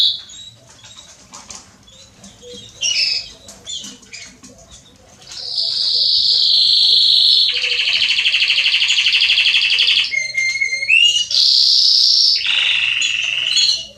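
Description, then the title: Belgian canary song: soft scattered chirps, then loud sustained rolling trills switching between pitches, with a brief series of whistled notes among them. Male Belgian canary singing a lot, used to warm up and train young canaries. "Canary Training Esquente Seu Filhote E Canario Belga Macho Cantando Muito CANTO DO CANRIO"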